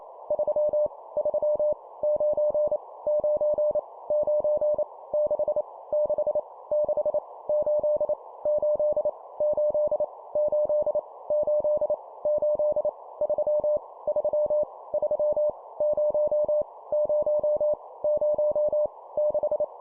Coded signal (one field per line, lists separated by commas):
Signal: Morse code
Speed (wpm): 28 wpm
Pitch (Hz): 600 Hz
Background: none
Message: 3 3 9 9 9 6 6 6 8 8 8 8 8 8 3 3 3 0 0 0 6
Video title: 25wpm Repeat three times Random Number, morse code practice